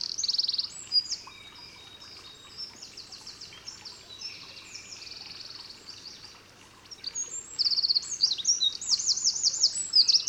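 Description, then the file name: Eurasian wren song, high rapid trills and ringing runs of notes, softer in the middle and bursting loud again near the end, over steady background hiss. "Troglodytes troglodytes"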